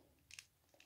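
The plastic head section of a Transformers Earthrise Deluxe Hoist toy robot is folded in toward the torso by hand. A few short, crisp plastic ticks and rubs are heard around 0.3 to 0.4 seconds and again near 0.8 seconds. Nothing has seated or clicked into place yet.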